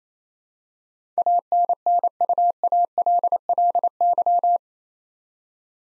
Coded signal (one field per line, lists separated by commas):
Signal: Morse code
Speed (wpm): 28 wpm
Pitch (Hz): 700 Hz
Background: none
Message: ANNUALLY